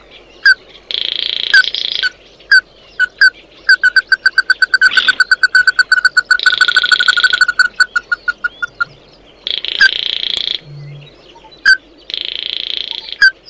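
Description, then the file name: Bird calls: scattered ringing notes build into a long rapid chatter of evenly spaced pips, broken by repeated harsh buzzing bursts. "Tieng chim mat do"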